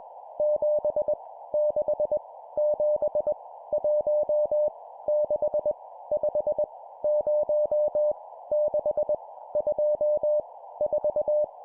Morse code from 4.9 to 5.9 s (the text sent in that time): 6